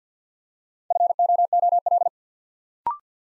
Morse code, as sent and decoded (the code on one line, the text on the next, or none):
..-. --- --- .-..
FOOL